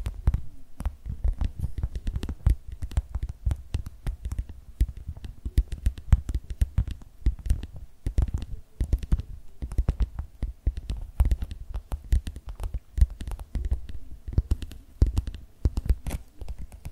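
Tapping continues throughout, quick and uneven, with no talking. Each tap lands as a dull low thump with a sharp bright click on top, clustering into rapid bursts and brief pauses for the full seventeen seconds. A faint low hum runs beneath.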